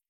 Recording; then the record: hydrophone in a shrimp aquaculture tank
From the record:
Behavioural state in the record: feeding